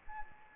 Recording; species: mosquito wingbeat signal from an infrared sensor; Anopheles gambiae